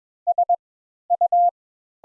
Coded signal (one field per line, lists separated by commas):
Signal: Morse code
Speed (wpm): 21 wpm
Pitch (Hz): 700 Hz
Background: none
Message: S U